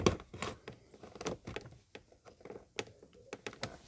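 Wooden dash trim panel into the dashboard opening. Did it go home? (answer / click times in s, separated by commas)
yes / 2.8 s, 3.6 s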